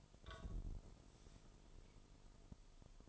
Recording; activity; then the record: daily activity, microphone in the room; take from stove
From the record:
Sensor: 5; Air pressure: 988.4 hPa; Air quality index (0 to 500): 206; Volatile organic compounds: 87 ppm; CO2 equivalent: 3661 ppm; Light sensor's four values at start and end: 48/140/55/60 and 48/141/56/60